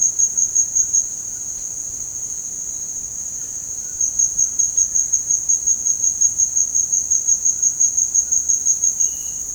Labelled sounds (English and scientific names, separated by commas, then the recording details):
White-throated Toucan (Ramphastos tucanus)
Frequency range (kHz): White-throated Toucan (Ramphastos tucanus) 0.7-2.4 kHz
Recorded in dense forest near Puerto Asís, Putumayo, Colombia, on 22 June 2025 at 16:30
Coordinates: 0.486, -76.317
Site G065